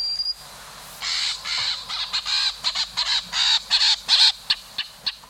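Rusty blackbird giving a rapid, uneven run of many harsh, scratchy chack notes, some louder toward the end.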